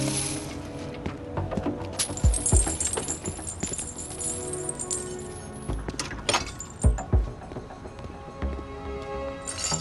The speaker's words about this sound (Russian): Мужчина пошел к машинам, стоящим рядом. Он протянул цепь под ними.